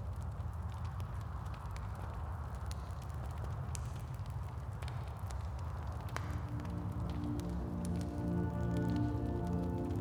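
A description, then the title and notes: A campfire burns with a steady low rumble and a dense bed of soft crackle, sharp pops and snaps breaking through every second or so. Past the six-second mark a faint hissing whistle rises in tones and grows slightly louder toward the end. Campfire Dreams. The gentle sounds of the campfire.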